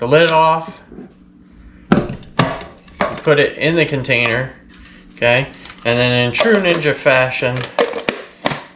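Someone talks while the lid is twisted onto the plastic outer container of a Ninja Creami ice cream maker. Two sharp, short clicks are heard at 8.1 s and 8.5 s as the lid locks in place.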